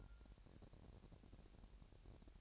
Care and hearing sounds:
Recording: daily activity, microphone in the room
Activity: take from stove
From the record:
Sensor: 2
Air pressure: 1011.9 hPa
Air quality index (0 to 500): 191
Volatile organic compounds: 3 ppm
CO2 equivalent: 1359 ppm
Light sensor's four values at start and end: 69/164/67/64 and 69/165/67/64

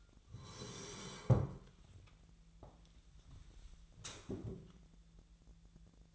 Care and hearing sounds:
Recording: daily activity, microphone in the room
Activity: sit down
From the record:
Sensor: 3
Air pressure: 1001.5 hPa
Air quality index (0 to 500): 246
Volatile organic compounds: 137 ppm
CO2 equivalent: 3964 ppm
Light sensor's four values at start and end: 13/31/13/13 and 11/26/11/11

